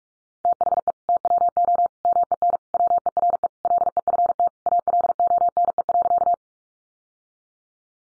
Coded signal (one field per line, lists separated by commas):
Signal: Morse code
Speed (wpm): 44 wpm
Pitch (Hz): 700 Hz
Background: none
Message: THE TWO MEN WERE LEFT ALONE.